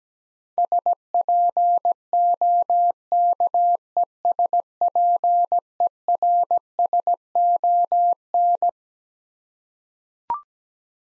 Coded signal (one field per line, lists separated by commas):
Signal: Morse code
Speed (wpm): 17 wpm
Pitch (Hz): 700 Hz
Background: none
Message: SPOKESPERSON